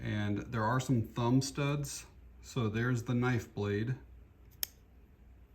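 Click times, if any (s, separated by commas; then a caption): 4.6 s. Someone talks, then the steel knife blade of a Ganzo G302B multi-tool is opened with its thumb stud, and a sharp, short click is heard at 4.6 s as the liner lock engages. The blade is locked open in the multi-tool handle.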